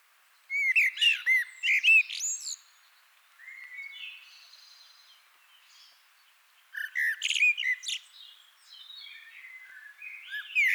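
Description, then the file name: Eurasian blackbird song: loud warbled phrases with high squeaky flourishes, separated by quieter twittering. "Turdus merula"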